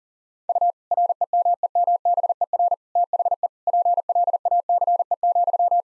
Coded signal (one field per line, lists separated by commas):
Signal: Morse code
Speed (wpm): 40 wpm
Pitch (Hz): 700 Hz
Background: none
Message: U REMEMBER THE PLACE,